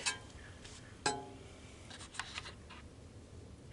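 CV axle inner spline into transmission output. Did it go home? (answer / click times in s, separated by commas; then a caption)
yes / 1.1 s. A new steel CV axle shaft is pushed into the transmission of a 2020 Ford Escape until its retaining clip locks on the transmission output. Its inner spline seats with a sharp metallic click at 1.1 seconds, followed by a few lighter taps, and the axle is confirmed seated.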